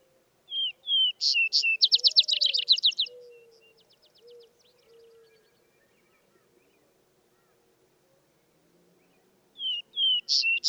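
Vesper sparrow singing a full phrase of two clear whistles followed by fast trilled notes, a pause with soft low whistles in the background, then the song begins again.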